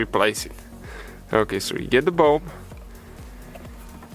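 A new H7 low beam bulb for the headlight housing of a Mercedes W204 C-Class is picked up and lined up before being pushed into the headlight clip, while someone talks over quiet background music. The stretch is quiet with no hits, and nothing has seated or clicked yet.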